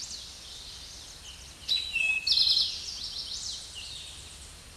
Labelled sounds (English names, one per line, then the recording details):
Eastern Towhee song
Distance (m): 10 m
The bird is about 5 m above the microphone
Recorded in a Pennsylvania forest on 16 May 2024 at 07:38
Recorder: AudioMoth, point MSD-2058
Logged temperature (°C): 11.8 °C
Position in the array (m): 70 m, 19 m